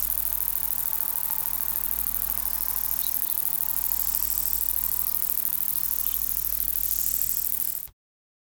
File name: Conocephalus discolor